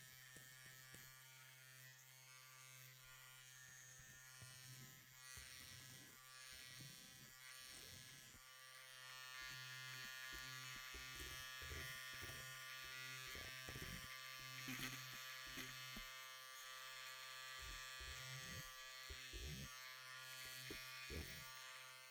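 An electric clipper or shaver buzzes steadily for the whole stretch, a low hum with a thin bright whine above it. Short scraping, brushing touches come through every second or so, thickening after the midpoint, in an indoor room.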